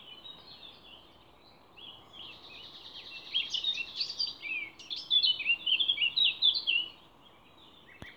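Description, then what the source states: Songbird song: a fast, jumbled warble of high twittering notes building from the middle, with soft scattered chirps before and after and constant background hiss. Songbird songs recorded 29 April 2020 in scrubland at Ježdovec, by the lake at Rakitje, and in Stupnik forest.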